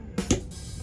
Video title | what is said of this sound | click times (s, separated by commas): Maserati Biturbo Fuse Box Upgrade DIY | hope you heard that | 0.3 s